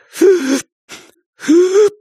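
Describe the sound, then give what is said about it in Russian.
Three ragged, convulsive gasps, each a harsh voiced intake with a strained, rising tone; the middle one is short and breathy, separated by brief silences, with no speech. “… по-прежнему делает судорожные вдохи.”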